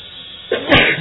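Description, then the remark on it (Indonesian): A single sharp sneeze with a quick inhaled buildup and a loud, bursting release that fades out, with no talking. “Alhamdulillah.”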